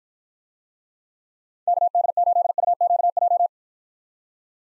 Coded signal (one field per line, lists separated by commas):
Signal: Morse code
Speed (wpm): 53 wpm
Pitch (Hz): 700 Hz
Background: none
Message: KD8UQJ